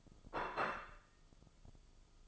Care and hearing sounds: daily activity, microphone in the room; place plate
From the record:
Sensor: 5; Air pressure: 995.3 hPa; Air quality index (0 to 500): 87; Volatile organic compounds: 4 ppm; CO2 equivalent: 1615 ppm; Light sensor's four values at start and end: 24/58/22/21 and 24/58/22/21

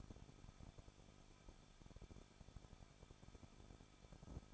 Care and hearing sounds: daily activity, microphone in the room; no activity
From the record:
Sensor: 5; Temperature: 20.8 degrees Celsius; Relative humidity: 38.6%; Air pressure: 1006.5 hPa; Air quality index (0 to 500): 192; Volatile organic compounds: 21 ppm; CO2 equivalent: 2716 ppm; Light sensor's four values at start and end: 2/3/1/1 and 2/3/1/1

